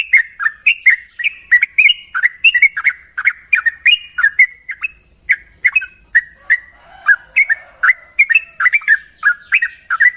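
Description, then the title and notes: Yellow-vented Bulbul chattering song, rapid liquid whistled notes in tight clusters, briefly thinning near the middle, over a constant thin high-pitched hiss. Long rapid trill song style (ropel panjang). "Trucukan Ropel Panjang. Kicau Burung Trucukan"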